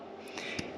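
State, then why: Not seated. A reverse light switch plug, with its D-shaped plastic surround removed, is pushed into the original O2J gearbox reverse sensor connector on a B3 Volkswagen Passat 1.8 20V turbo being rewired. A single soft thud from the push rises at about 0.4 s over low background noise, with no latch click. The plug does not click in, but it sits in the connector fairly firmly.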